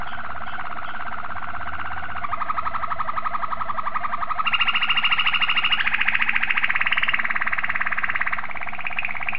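Domestic canary song: continuous buzzy rolling trills that change speed and pitch several times, swelling louder in the middle.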